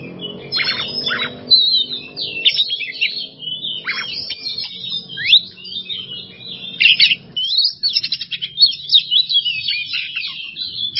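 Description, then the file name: Oriental magpie-robin song, varied sweeping whistles and rattling notes, with a low humming background that fades after about seven seconds. Masteran (songbird training) recording of a kacer singing in the bongkar isian style, unloading its repertoire, in an emotional, worked-up state. "Masteran Kacer Bongkar Isian Emosi"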